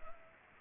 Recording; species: mosquito wingbeat signal from an infrared sensor; Culex pipiens